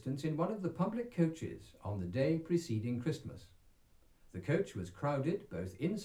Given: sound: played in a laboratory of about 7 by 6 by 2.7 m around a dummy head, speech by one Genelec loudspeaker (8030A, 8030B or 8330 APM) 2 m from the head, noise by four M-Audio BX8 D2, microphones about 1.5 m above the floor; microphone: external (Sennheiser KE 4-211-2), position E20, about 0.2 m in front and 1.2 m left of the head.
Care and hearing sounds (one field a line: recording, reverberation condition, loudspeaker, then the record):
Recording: male speech in English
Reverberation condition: low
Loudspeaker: 60 degrees to the right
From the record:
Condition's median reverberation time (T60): about 310 ms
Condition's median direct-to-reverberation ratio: about 3.5 dB